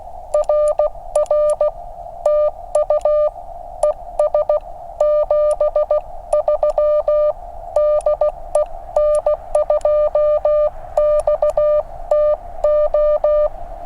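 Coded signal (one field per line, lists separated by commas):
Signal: Morse code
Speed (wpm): 16 wpm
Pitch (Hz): 1200 Hz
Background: none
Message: RR TU ES 73 DE N2XTO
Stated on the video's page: Park activation on 40 meters at 5°F with a QCX mini and an end-fed half-wave antenna.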